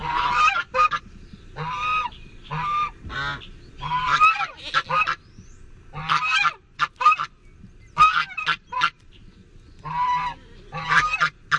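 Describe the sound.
Goose honking in quick bursts, harsh nasal calls given singly and in short clusters with brief pauses between.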